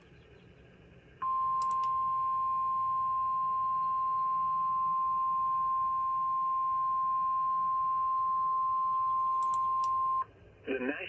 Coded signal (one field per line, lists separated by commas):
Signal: Emergency Alert System (SAME) tones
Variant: 1050 Hz attention tone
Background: speech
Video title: ROCK, SAUK, FON DU LAC (L.S. EAS #156) Severe Thunderstorm Warning